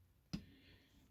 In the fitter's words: all right so I got my front suspension stuff it load just pops in